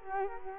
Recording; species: mosquito wingbeat signal from an infrared sensor; Culex quinquefasciatus